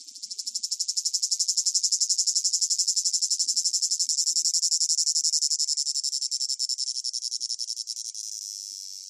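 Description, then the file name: Cicada producing a loud, shrill pulsing whine, rapid regular throbs rising quickly at the start and easing slightly toward the close. Close-up recording; rhythmic chirping in long phrases with a piercing whine. "gain walkers CICADA Close Up Rhythmic Chirping Long Phrases Piercing Whine"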